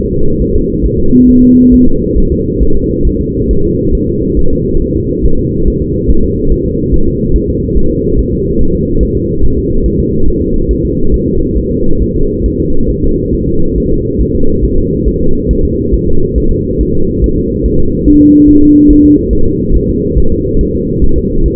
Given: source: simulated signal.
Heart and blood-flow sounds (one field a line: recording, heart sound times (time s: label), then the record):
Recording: fetal heart sounds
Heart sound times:
0.13 s: S2
0.42 s: S1
0.56 s: S2
0.86 s: S1
1.00 s: S2
1.30 s: S1
1.44 s: S2
1.74 s: S1
1.88 s: S2
2.18 s: S1
2.32 s: S2
2.63 s: S1
2.77 s: S2
3.07 s: S1
3.21 s: S2
3.51 s: S1
3.65 s: S2
3.95 s: S1
4.09 s: S2
4.39 s: S1
4.53 s: S2
4.82 s: S1
4.96 s: S2
5.26 s: S1
5.40 s: S2
5.68 s: S1
5.82 s: S2
6.11 s: S1
6.24 s: S2
6.52 s: S1
6.66 s: S2
6.94 s: S1
7.08 s: S2
7.36 s: S1
7.50 s: S2
7.78 s: S1
7.91 s: S2
8.19 s: S1
8.33 s: S2
8.61 s: S1
8.75 s: S2
9.03 s: S1
9.17 s: S2
9.44 s: S1
9.58 s: S2
9.86 s: S1
10.00 s: S2
10.28 s: S1
10.42 s: S2
10.71 s: S1
10.85 s: S2
11.14 s: S1
11.28 s: S2
11.58 s: S1
11.72 s: S2
12.02 s: S1
12.16 s: S2
12.46 s: S1
12.60 s: S2
12.91 s: S1
13.04 s: S2
13.34 s: S1
13.48 s: S2
13.78 s: S1
13.92 s: S2
14.21 s: S1
14.35 s: S2
14.65 s: S1
14.78 s: S2
15.08 s: S1
15.22 s: S2
15.51 s: S1
15.65 s: S2
15.94 s: S1
16.08 s: S2
16.38 s: S1
16.52 s: S2
16.81 s: S1
16.95 s: S2
17.24 s: S1
17.38 s: S2
17.66 s: S1
17.80 s: S2
18.08 s: S1
18.22 s: S2
18.49 s: S1
18.63 s: S2
18.91 s: S1
19.05 s: S2
19.33 s: S1
19.47 s: S2
19.76 s: S1
19.90 s: S2
20.18 s: S1
20.32 s: S2
20.61 s: S1
20.75 s: S2
21.04 s: S1
21.18 s: S2
21.46 s: S1
From the record:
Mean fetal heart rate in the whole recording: 140 bpm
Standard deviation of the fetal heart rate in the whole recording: 2 bpm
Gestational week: 34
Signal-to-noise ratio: -19.1 dB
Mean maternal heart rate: 72 bpm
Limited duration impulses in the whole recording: present